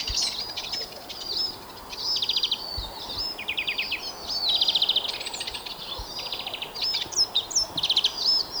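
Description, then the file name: European greenfinch twittering: bursts of rapid buzzy trills and chirps. "Chloris chloris"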